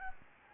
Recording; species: mosquito wingbeat signal from an infrared sensor; Anopheles gambiae